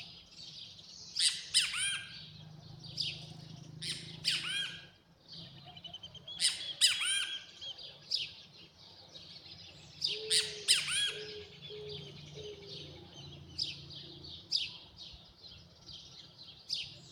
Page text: Great Kiskadee (Pitangus sulphuratus). Gustavo Fernando Durán